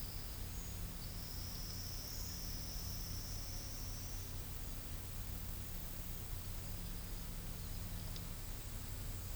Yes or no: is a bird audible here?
no